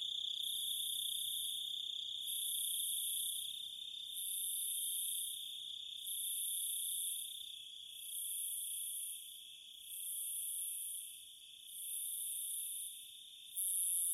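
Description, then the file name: Grasshopper chirps: hissing, buzzy bursts lasting over a second, repeated about every two seconds, over a steady high ringing tone. "zvuki kuznechika"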